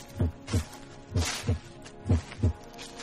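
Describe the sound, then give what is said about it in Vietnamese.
A person's heart pounding on a quiet night: a loud, deep heartbeat in paired lub-dub thumps, three double beats in a steady rhythm, low and heavy over a faint background hiss. “Trong đêm yên tĩnh, tôi cảm giác trái tim của tôi đập rất rõ, như có ai đang đấm vào ngực mình”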